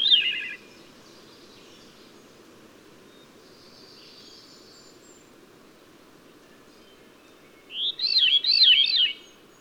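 Bird song with a brief warbled burst at the start, a faint high trill in the middle, and a clear zigzagging warbled phrase near the end.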